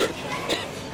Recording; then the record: coughing mixed with background sound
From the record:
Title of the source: 55 gaggy wet cough